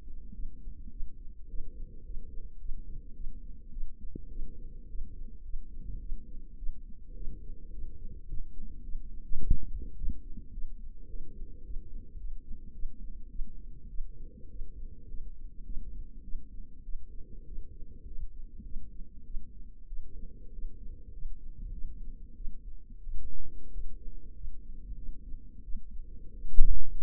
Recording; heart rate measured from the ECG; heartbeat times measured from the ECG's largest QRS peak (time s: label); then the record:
heart sounds by microphone in the left ear; 101 bpm
0.33 s: heartbeat
0.90 s: heartbeat
1.48 s: heartbeat
2.04 s: heartbeat
2.59 s: heartbeat
3.14 s: heartbeat
3.71 s: heartbeat
4.30 s: heartbeat
4.88 s: heartbeat
5.43 s: heartbeat
6.00 s: heartbeat
6.57 s: heartbeat
7.15 s: heartbeat
7.72 s: heartbeat
8.27 s: heartbeat
8.83 s: heartbeat
9.39 s: heartbeat
9.96 s: heartbeat
10.52 s: heartbeat
11.08 s: heartbeat
11.63 s: heartbeat
12.18 s: heartbeat
12.73 s: heartbeat
13.29 s: heartbeat
13.88 s: heartbeat
14.49 s: heartbeat
15.08 s: heartbeat
15.64 s: heartbeat
16.23 s: heartbeat
16.83 s: heartbeat
17.45 s: heartbeat
18.06 s: heartbeat
18.64 s: heartbeat
19.24 s: heartbeat
19.87 s: heartbeat
20.52 s: heartbeat
21.12 s: heartbeat
21.72 s: heartbeat
22.35 s: heartbeat
23.02 s: heartbeat
23.71 s: heartbeat
24.35 s: heartbeat
24.96 s: heartbeat
25.63 s: heartbeat
26.32 s: heartbeat
26.97 s: heartbeat
From the record:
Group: healthy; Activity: rest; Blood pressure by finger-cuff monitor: 115/62 mmHg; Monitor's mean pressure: 78 mmHg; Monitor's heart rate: 104 bpm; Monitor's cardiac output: 9 L/min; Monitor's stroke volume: 87 mL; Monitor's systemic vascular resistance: 630 dyn s/cm5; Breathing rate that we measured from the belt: 20 breaths a minute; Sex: female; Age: 22 years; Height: 163 cm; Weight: 67.1 kg